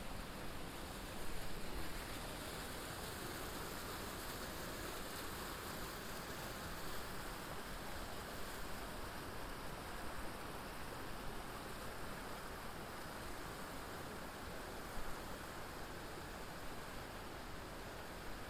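A steady, dense rush of wind noise fills a binaural hiking recording along the Curecanti Creek Trail, with the roar holding nearly constant from low rumble to bright hiss. It swells slightly near the start, and a single short knock lands around fifteen seconds.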